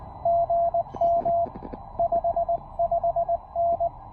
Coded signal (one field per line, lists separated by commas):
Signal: Morse code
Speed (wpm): 20 wpm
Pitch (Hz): 700 Hz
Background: radio noise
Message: GM 55N